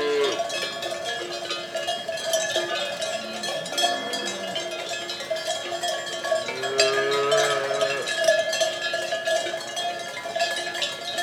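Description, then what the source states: Cows mooing several times, short low calls early and a longer moo later, against a steady chorus of clanging cowbells. A group of cows grazing calmly in a field; Codina.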